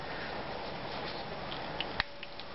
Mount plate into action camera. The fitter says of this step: oh you heard a snap thing but that's a lot of force I put on that and I don't like that